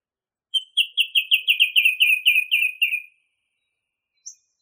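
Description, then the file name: Song thrush singing a fast run of repeated chirpy notes lasting about two and a half seconds, followed by a single brief high note after a pause. Masteran recording made for training songbirds. "suara masteran songthrush"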